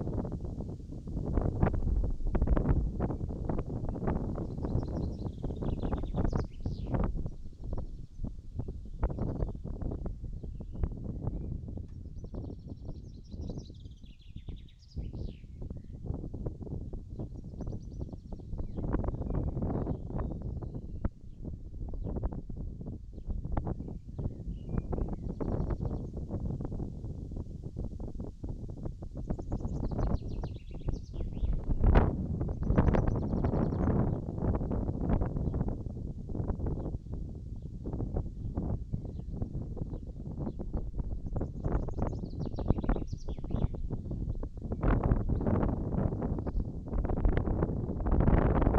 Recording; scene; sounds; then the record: everyday scene through a hearing-aid microphone; wind on the microphone; wind, birds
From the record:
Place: in front of a rural house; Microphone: in the ear canal, right